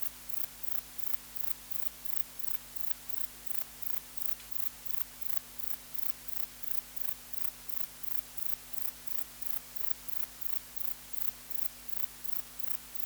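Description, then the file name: Grey bush-cricket giving a long series of sharp, high-pitched rasping chirps at a regular quick pace, about three each second, over a soft low hum. "Platycleis albopunctata"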